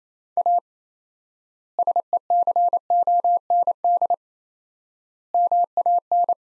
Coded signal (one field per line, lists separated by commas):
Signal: Morse code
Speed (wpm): 28 wpm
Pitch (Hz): 700 Hz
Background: none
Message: A SECOND MAN